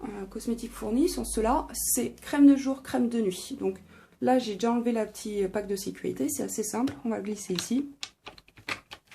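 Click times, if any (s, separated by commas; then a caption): none. Someone talks while handling a day cream cartridge for a Nu Skin ageLOC Me skincare dispensing device, with its small safety tab already removed, sliding it into its slot. A few faint, short taps are heard near the end around 8.3, 8.7 and 8.9 seconds, but the cartridge has not clicked home yet; nothing has seated.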